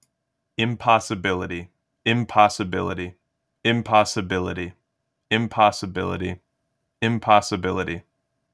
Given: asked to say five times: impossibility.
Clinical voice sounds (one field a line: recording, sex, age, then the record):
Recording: repeated word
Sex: male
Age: 20 to 29 years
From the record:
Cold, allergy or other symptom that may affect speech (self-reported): no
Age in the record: 22 years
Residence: New Jersey, United States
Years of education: 16